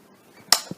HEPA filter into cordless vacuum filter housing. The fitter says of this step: when you put it back in you'll hear it click no there we are so it's snug there now